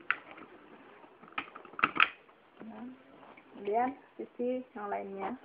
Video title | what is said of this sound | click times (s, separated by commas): CARA MEMASANG PROCESSOR DAN PENDINGINNYA | tekan sampai Anda mendengar bunyi klik seperti ini bisa kita praktikkan | 1.8 s, 2.0 s